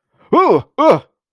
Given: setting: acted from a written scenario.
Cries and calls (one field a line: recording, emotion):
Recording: vocal sound without words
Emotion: negative surprise